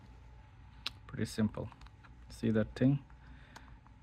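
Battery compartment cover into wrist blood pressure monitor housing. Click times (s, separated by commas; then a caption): 0.9 s. The plastic battery tray cover of a wrist blood pressure monitor is put back and pressed down into the housing until it latches shut with a sharp click at 0.9 s. Someone then talks, and a few faint ticks follow near the end.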